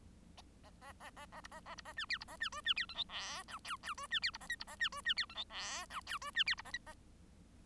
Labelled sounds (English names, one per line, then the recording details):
Bengalese Finch song
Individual Bird1